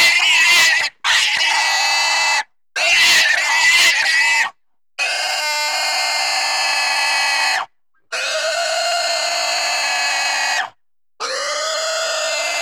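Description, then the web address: Pig giving loud, piercing squeals, a few choppy broken screams at first, then long sustained shrieks lasting around three seconds with brief pauses between. Intense squeals. "Sony Pictures Sound Effects Series Volumes 1-10 Volume 1 Animals Pig Squeals Intense"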